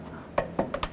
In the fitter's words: pop it in lock it down and